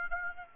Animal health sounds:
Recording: mosquito wingbeat signal from an infrared sensor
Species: Aedes aegypti

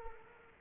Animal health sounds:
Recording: mosquito wingbeat signal from an infrared sensor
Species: Culex quinquefasciatus

